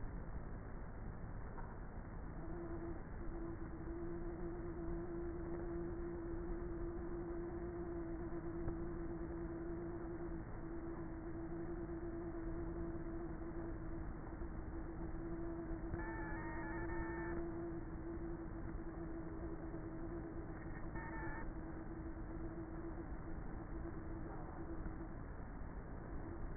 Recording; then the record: honeybee colony, microphone inside the hive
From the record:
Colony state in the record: queenless with a low population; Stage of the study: before two queens were removed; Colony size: about 30,000 bees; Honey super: no